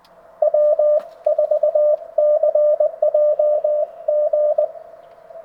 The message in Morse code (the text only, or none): W4CJG